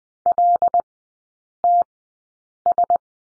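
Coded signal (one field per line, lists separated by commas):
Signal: Morse code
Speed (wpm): 20 wpm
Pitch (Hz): 700 Hz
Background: none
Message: LTS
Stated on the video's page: Morse code course lesson on the letter U with three characters at Farnsworth speed 20/10 wpm.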